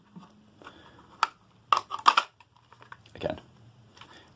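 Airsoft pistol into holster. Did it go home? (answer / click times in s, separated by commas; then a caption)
no / none. An airsoft Glock 19 replica is pushed into a hard kydex-style holster, giving a few sharp plastic knocks and scrapes around 1.2 to 2.2 seconds and a duller rub near 3.3 seconds. The pistol does not click into the holster's retention, and nothing seats or clicks.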